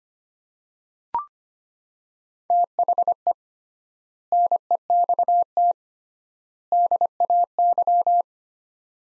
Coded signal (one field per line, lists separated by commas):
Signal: Morse code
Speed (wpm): 25 wpm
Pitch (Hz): 700 Hz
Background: none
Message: THE NEXT DAY